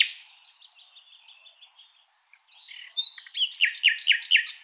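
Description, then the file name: Common nightingale song: a brief loud opening note, then quiet sustained whistles, then a run of loud, evenly repeated chirping notes. "Luscinia megarhynchos"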